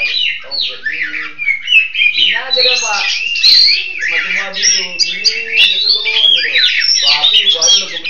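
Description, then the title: Long-tailed shrike song, a dense run of varied chattering and whistled notes mixed with harsh squawks, continuous with brief pauses. "Kicau Burung Pentet"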